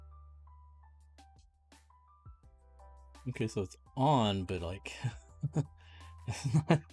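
A plastic part is pressed onto the body of a model robot kit while someone talks and music plays. The part goes on but does not snap in as expected, and the other side starts coming off. Nothing has clicked or seated, and the brief sharp sounds near 1.2 s and 1.7 s belong to the music, not the part.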